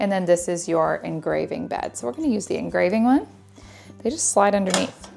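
Someone talks while handling the engraving bed plate of a WeCreat Lumos portable laser engraver, getting ready to slide it underneath into the base. Only speech is heard, with faint handling sounds in the pauses. Nothing has seated or clicked yet when the clip ends.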